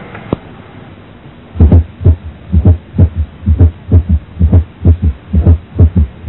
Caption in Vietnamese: Ngựa phi kèm tiếng nhĩ thu, ta nghe được một nhịp 4, bao gồm T1, T2, T3 và tiếng nhĩ thu. Nghe rõ ở mỏm hoặc trong mỏm dọc xứ trái, âm sắc trầm ngắn.